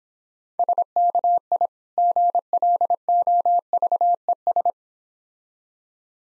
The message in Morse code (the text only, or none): SKI GLOVES